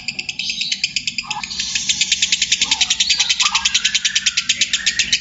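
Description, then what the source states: Lovebird pouring out a steady stream of quick buzzy high pulses, broken by a few lower chirping notes. Lovebird song style called konslet.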